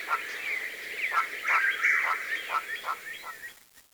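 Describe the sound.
Bird calling in a bright, rapid series of short chirps and downslurred notes, fading out near the end.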